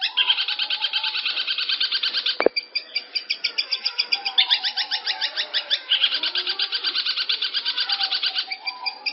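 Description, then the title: Long-tailed shrike giving long, fast buzzy trills in bursts, broken by a single sharp click and short pauses. "Cendet Pentet"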